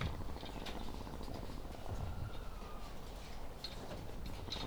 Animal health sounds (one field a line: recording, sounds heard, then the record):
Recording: poultry house recording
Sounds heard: sick chickens (respiratory disease)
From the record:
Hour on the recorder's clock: 16